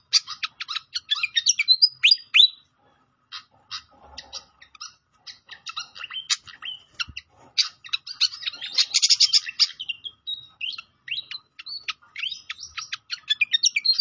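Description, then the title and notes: Pied fantail song: rapid, jumbled high chirps and squeaky notes, with short pauses between bursts and a dense buzzy flurry in the middle. Clear song on a masteran (training) recording for songbirds. "Masteran Sikatan Kipas Suara Jernih Dan Suara Gemericik Air. Suara Burung Sikatan Londo"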